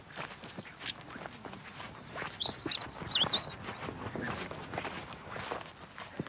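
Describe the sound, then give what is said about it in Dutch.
A stonechat's alarm call: one sharp, high chirp, then a quick burst of several clicking, high-pitched notes, heard over steady crunching footsteps with no talking. “Ja, dus eigenlijk moet je het gewoon naar die stone chat luisteren, naar het alarmroepje.”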